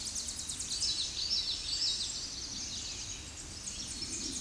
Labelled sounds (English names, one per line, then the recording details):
Common Yellowthroat song
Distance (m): 20 m
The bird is about level with the microphone
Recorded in a Pennsylvania forest on 16 May 2024 at 07:20
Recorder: AudioMoth, point MSD-1293
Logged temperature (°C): 12.0 °C
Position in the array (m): 36 m, 145 m